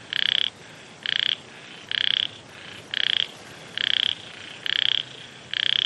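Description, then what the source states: Frog's pulsed rasping croaks come roughly once a second, loud and bright, with fainter calls between them. Frogs in Vietnam, with wind.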